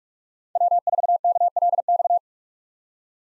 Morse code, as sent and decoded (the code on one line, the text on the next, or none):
.-- ....- -.- .-.. -..-
W4KLX